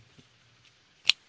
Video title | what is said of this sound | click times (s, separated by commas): Josh Mason Mini Kwaiken - EDC Slicer! | you can just hear the click right there and then comes right out very solid | 1.1 s